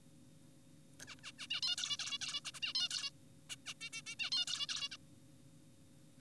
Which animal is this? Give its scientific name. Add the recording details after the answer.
Taeniopygia guttata. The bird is an adult. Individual g4p5U